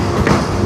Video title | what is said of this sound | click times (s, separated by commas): Road Review : 3 Bulan Pemakaian Helm Studds trooper (Kelebihan & Kekurangan) | Nah, tuh keras banget kalau dia udah ngunci. | 0.3 s